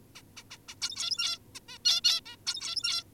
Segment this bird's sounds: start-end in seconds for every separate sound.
0.16-0.22, 0.37-0.44, 0.51-0.58, 0.68-0.75, 0.81-1.39, 1.55-1.60, 1.68-1.78, 1.85-2.01, 2.04-2.21, 2.26-2.36, 2.46-3.04